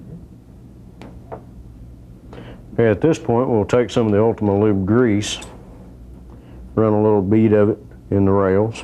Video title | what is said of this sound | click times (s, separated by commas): Wilson Combat - 1911 Disassembly & Reassembly (1986) | push the 80 series part in firing pin firing pin pops into place | 1.0 s